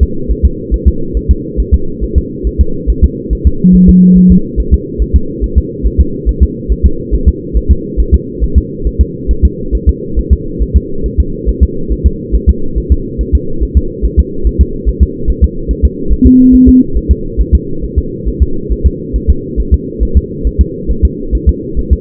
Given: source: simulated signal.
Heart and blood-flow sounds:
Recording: fetal heart sounds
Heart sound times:
0.03 s: S2
0.31 s: S1
0.45 s: S2
0.74 s: S1
0.88 s: S2
1.17 s: S1
1.31 s: S2
1.60 s: S1
1.74 s: S2
2.03 s: S1
2.18 s: S2
2.47 s: S1
2.61 s: S2
2.90 s: S1
3.04 s: S2
3.33 s: S1
3.47 s: S2
3.75 s: S1
3.90 s: S2
4.18 s: S1
4.32 s: S2
4.60 s: S1
4.74 s: S2
5.02 s: S1
5.16 s: S2
5.44 s: S1
5.58 s: S2
5.87 s: S1
6.00 s: S2
6.29 s: S1
6.43 s: S2
6.72 s: S1
6.86 s: S2
7.14 s: S1
7.28 s: S2
7.57 s: S1
7.71 s: S2
8.00 s: S1
8.14 s: S2
8.44 s: S1
8.58 s: S2
8.87 s: S1
9.01 s: S2
9.31 s: S1
9.45 s: S2
9.75 s: S1
9.89 s: S2
10.19 s: S1
10.33 s: S2
10.62 s: S1
10.77 s: S2
11.06 s: S1
11.20 s: S2
11.49 s: S1
11.63 s: S2
11.92 s: S1
12.06 s: S2
12.35 s: S1
12.49 s: S2
12.78 s: S1
12.92 s: S2
13.21 s: S1
13.35 s: S2
13.63 s: S1
13.77 s: S2
14.05 s: S1
14.19 s: S2
14.47 s: S1
14.61 s: S2
14.89 s: S1
15.03 s: S2
15.30 s: S1
15.44 s: S2
15.71 s: S1
15.85 s: S2
16.12 s: S1
16.27 s: S2
16.55 s: S1
16.69 s: S2
16.97 s: S1
17.11 s: S2
17.41 s: S1
17.55 s: S2
17.84 s: S1
17.99 s: S2
18.28 s: S1
18.43 s: S2
18.72 s: S1
18.86 s: S2
19.16 s: S1
19.30 s: S2
19.60 s: S1
19.74 s: S2
20.03 s: S1
20.17 s: S2
20.47 s: S1
20.61 s: S2
20.91 s: S1
21.05 s: S2
21.35 s: S1
21.49 s: S2
21.79 s: S1
21.93 s: S2
From the record:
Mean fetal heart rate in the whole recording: 140 bpm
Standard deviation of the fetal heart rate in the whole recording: 2 bpm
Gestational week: 34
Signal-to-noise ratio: -8.1 dB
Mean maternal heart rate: 72 bpm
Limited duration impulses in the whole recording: present

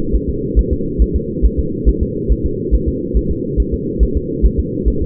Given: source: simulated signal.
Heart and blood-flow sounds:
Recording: fetal heart sounds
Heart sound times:
0.16 s: S1
0.29 s: S2
0.59 s: S1
0.73 s: S2
1.02 s: S1
1.16 s: S2
1.45 s: S1
1.59 s: S2
1.89 s: S1
2.03 s: S2
2.32 s: S1
2.46 s: S2
2.75 s: S1
2.88 s: S2
3.17 s: S1
3.31 s: S2
3.60 s: S1
3.74 s: S2
4.03 s: S1
4.17 s: S2
4.46 s: S1
4.60 s: S2
4.88 s: S1
5.02 s: S2
From the record:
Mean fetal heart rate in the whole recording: 140 bpm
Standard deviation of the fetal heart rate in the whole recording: 2 bpm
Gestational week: 34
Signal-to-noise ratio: -6.6 dB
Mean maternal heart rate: 72 bpm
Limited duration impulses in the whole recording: present

